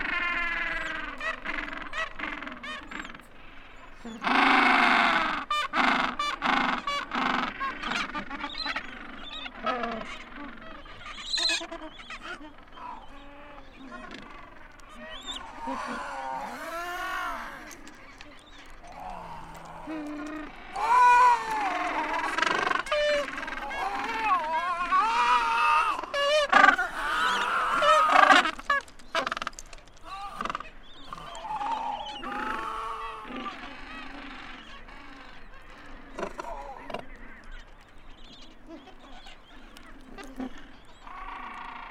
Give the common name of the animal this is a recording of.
Gentoo Penguin